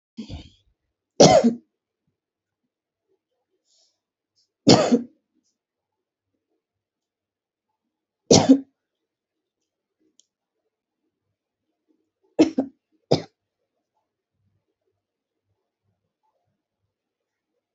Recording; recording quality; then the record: shallow voluntary cough; excellent, no background noise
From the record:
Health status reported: healthy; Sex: female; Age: 36 years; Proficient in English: yes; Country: India